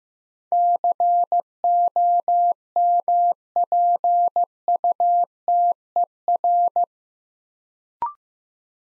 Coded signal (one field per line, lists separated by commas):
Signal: Morse code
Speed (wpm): 15 wpm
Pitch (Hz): 700 Hz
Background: none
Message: COMPUTER